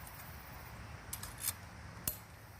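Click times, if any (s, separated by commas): 2.1 s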